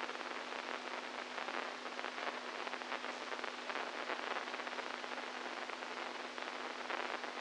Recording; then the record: brain microelectrode recording played as sound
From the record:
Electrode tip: inside the subthalamic nucleus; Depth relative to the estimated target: -4 mm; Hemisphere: right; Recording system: NeuroSet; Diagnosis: Parkinson's disease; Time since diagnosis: 10 years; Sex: male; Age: 65 years